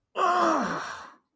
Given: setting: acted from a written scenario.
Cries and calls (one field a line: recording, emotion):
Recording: vocal sound without words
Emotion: pain